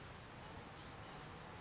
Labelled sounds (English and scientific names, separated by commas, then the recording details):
Blue-gray Gnatcatcher (Polioptila caerulea)
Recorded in Sonoma County, California